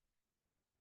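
A plastic section of a kitchen spiralizer attachment is handled as it is pushed back onto the attachment to be clipped into place. Only faint, low handling noise is heard over near silence, with no distinct sharp sounds. Nothing has seated or clicked yet.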